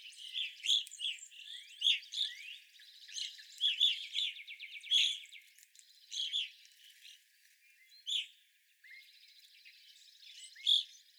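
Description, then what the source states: Evening grosbeak chirps, sharp and clear, come in scattered bursts, mixed with a short buzzy pulsed trill. Several evening grosbeaks recorded on 25 April 2021.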